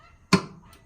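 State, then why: Seated. The discharge control lever on a Ferris Z2 zero-turn mower is pulled back until it snaps into its locking detent so it won't vibrate back. A single sharp snap is heard at 0.3 s, with a brief ringing tail and quiet before and after. The lever is seated and locked in place.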